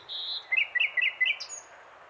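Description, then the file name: Common nightingale song phrase: a high drawn note followed by four quick, bright, repeated warbled notes, ending in a sharp high flick. "Luscinia megarhynchos"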